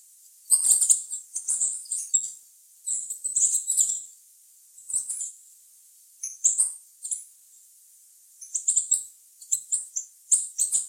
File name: canto da saira ouro